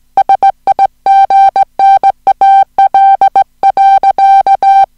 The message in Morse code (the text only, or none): SIGNAL.